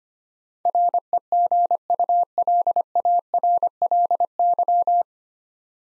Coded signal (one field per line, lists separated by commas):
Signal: Morse code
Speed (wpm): 25 wpm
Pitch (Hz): 700 Hz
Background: none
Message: REGULARLY